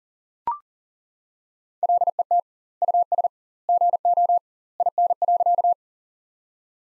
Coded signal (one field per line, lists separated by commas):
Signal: Morse code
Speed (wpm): 40 wpm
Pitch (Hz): 700 Hz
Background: none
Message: LET US GO IN.